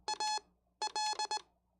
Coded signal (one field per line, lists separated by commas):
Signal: Morse code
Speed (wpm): 20 wpm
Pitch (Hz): 860 Hz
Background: none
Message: AL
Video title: Learning More CW! - I'm Going to Keep Practicing....